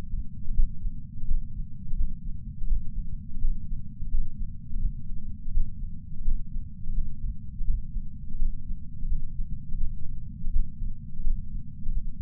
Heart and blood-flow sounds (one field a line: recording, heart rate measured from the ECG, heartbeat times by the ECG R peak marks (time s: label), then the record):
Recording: heart sounds by patch sensor on the chest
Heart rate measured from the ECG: 84 bpm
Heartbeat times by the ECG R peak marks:
0.54 s: heartbeat
1.26 s: heartbeat
1.96 s: heartbeat
2.67 s: heartbeat
3.39 s: heartbeat
4.09 s: heartbeat
4.79 s: heartbeat
5.52 s: heartbeat
6.23 s: heartbeat
6.93 s: heartbeat
7.65 s: heartbeat
8.37 s: heartbeat
9.07 s: heartbeat
9.78 s: heartbeat
10.51 s: heartbeat
11.22 s: heartbeat
11.92 s: heartbeat
From the record:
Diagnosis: coronary artery disease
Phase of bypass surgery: postoperative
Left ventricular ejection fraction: 60.9%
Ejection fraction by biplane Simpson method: 59.5%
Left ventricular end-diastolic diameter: 49 mm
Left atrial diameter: 39 mm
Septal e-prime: 6.3 cm/s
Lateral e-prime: 6.7 cm/s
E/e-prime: 11.5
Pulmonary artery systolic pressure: 33 mmHg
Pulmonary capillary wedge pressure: 2 mmHg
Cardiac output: 6.3 L/min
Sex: male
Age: 71 years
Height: 162 cm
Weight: 75 kg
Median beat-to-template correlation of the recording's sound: 0.79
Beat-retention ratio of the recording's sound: 1.00